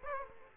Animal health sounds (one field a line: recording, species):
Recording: mosquito wingbeat signal from an infrared sensor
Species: Aedes aegypti